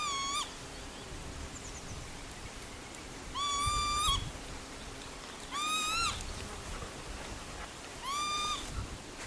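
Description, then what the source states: Northern Lapwing calling: four wheezy, slurred notes spaced a couple of seconds apart over a background hiss. Call increasingly rarely heard in the countryside and fields; farmland bird that is disappearing.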